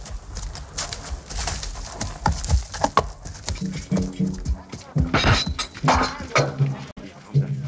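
Horse hooves clip-clop in an uneven, knocking rhythm, loud and steady throughout, while birds chirp faintly in the background.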